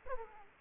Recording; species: mosquito wingbeat signal from an infrared sensor; Aedes aegypti